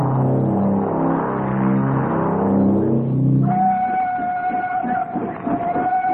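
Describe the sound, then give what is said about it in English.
A steam locomotive rolls slowly with a deep, rumbling chug toward a railway switch and siding by a mine entrance, then a long, steady whistle sounds over rhythmic puffing for the final few seconds. “As prearranged, the engine came into view moving slowly.”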